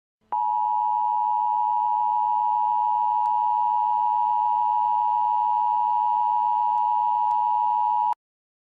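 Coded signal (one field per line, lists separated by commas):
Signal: Emergency Alert System (SAME) tones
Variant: 853 and 960 Hz attention tone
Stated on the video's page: Simulated EAS tones from a fictional EAS scenario.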